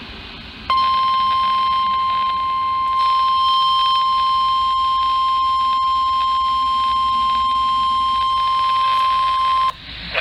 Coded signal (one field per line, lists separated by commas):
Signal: Emergency Alert System (SAME) tones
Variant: 1050 Hz attention tone